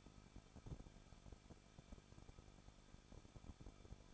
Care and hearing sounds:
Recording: daily activity, microphone in the room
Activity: no activity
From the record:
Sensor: 5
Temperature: 20.9 degrees Celsius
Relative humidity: 38.1%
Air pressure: 1006.5 hPa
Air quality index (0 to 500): 187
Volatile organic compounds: 18 ppm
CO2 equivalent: 2619 ppm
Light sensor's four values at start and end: 2/3/1/1 and 2/3/1/1

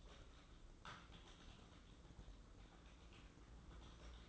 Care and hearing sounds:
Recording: daily activity, microphone in the room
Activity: typing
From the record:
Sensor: 3

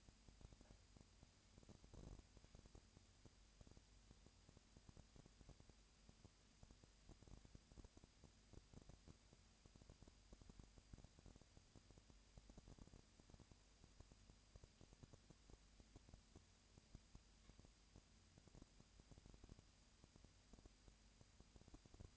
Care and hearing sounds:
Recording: daily activity, microphone in the room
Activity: no activity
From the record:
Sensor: 2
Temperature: 20.3 degrees Celsius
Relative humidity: 37.0%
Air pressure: 998.7 hPa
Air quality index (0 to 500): 236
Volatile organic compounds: 38 ppm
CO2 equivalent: 3116 ppm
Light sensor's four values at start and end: 2/3/2/2 and 2/3/2/2

